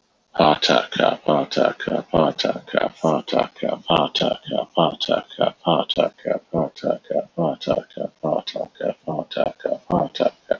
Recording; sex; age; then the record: repeated syllables /pa ta ka/; male; 30 to 39 years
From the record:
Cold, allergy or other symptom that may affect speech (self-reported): no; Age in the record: 31 years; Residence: Arizona, United States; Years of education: 17